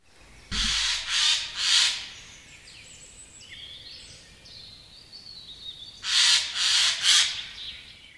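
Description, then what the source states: Eurasian jay giving harsh, rasping screeches, three in quick succession at the start and three more near the end, with quiet background between. Recorded at Kloostrimets.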